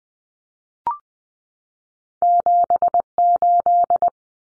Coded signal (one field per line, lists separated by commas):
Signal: Morse code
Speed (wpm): 20 wpm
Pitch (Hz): 700 Hz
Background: none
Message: 78